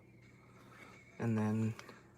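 A doll's limb joint is moved by hand in the doll's body, with low background noise while someone talks briefly. The joint has not clicked into place yet and nothing has seated by the end of the clip.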